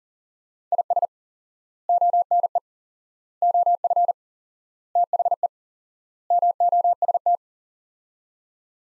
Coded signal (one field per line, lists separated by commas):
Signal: Morse code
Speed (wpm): 40 wpm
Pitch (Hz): 700 Hz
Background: none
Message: IS ONE OF THE MOST